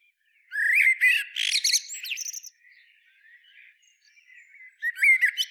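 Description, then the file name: Eurasian blackbird: a warbled phrase of whistles and buzzy, high twittering, then faint soft chatter, then the start of a new whistled phrase. "Turdus merula"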